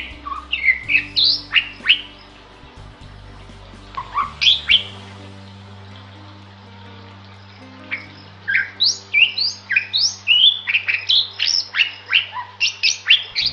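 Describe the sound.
Bali myna calls: bursts of short, sharp chirps and whistled notes, some rising and falling, in three bouts separated by quiet pauses.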